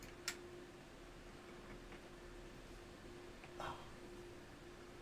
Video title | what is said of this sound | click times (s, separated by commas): #Livestream What If (Episode 1)? #live #lego #afol #moc | One side keeps popping off. So you can hear it snap down, then it pops back off again. | 0.3 s, 3.4 s